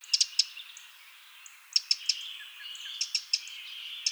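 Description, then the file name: Eurasian wren giving sharp high ticking calls in short clusters of two or three, repeated throughout. "Troglodytes troglodytes"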